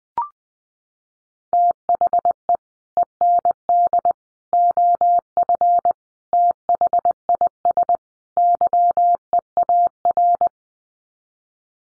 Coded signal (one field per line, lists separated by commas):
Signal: Morse code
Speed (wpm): 19 wpm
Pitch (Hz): 700 Hz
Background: none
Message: THE END OF THIS YEAR